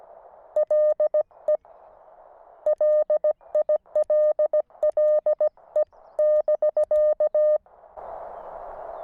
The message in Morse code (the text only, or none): LE LILLE <BK>